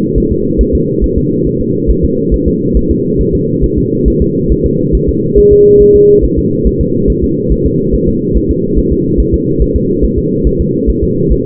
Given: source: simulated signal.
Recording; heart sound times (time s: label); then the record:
fetal heart sounds
0.18 s: S1
0.32 s: S2
0.61 s: S1
0.75 s: S2
1.04 s: S1
1.18 s: S2
1.47 s: S1
1.61 s: S2
1.90 s: S1
2.04 s: S2
2.34 s: S1
2.48 s: S2
2.77 s: S1
2.91 s: S2
3.21 s: S1
3.35 s: S2
3.64 s: S1
3.78 s: S2
4.08 s: S1
4.22 s: S2
4.52 s: S1
4.66 s: S2
4.95 s: S1
5.09 s: S2
5.38 s: S1
5.53 s: S2
5.82 s: S1
5.96 s: S2
6.24 s: S1
6.38 s: S2
6.67 s: S1
6.81 s: S2
7.10 s: S1
7.24 s: S2
7.52 s: S1
7.66 s: S2
7.94 s: S1
8.09 s: S2
8.36 s: S1
8.51 s: S2
8.78 s: S1
8.92 s: S2
9.20 s: S1
9.34 s: S2
9.62 s: S1
9.76 s: S2
10.04 s: S1
10.19 s: S2
10.47 s: S1
10.61 s: S2
10.89 s: S1
11.04 s: S2
11.32 s: S1
From the record:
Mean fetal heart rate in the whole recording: 140 bpm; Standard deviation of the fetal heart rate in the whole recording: 2 bpm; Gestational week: 34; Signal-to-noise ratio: -11.2 dB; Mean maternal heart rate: 72 bpm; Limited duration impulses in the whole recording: present